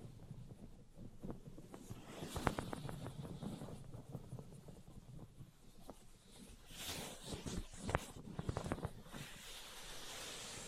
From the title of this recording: Tapping, Scratching, and Tracing Sounds